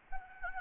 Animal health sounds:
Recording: mosquito wingbeat signal from an infrared sensor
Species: Anopheles arabiensis

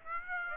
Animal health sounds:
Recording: mosquito wingbeat signal from an infrared sensor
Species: Aedes aegypti

